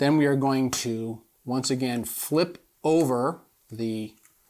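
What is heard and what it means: Someone talks while handling the hinged microSD card holder in a hand controller, which is about to be flipped over, held down and slid into place. Only speech is heard, in four bursts separated by short pauses. Nothing has seated or clicked yet.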